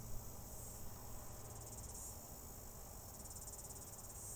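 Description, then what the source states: Cicadas droning in a steady high-pitched shimmer, a continuous buzzing wall with slight pulsing, over low rumbling outdoor background noise. Outdoor ambience with cicadas.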